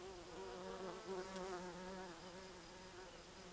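Bumblebee buzz, a steady low drone with a rich harmonic hum, wavering slightly in pitch throughout, with a single brief click midway.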